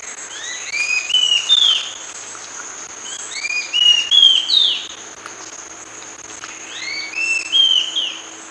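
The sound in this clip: A bird repeats a phrase of layered, sliding whistles about every three seconds, with a steady high insect-like drone in the background.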